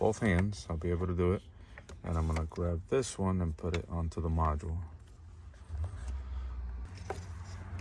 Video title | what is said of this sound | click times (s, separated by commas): 16 Lexus IS 300 remote starter installation from Accessorides | all right so that one is in click in place | 7.1 s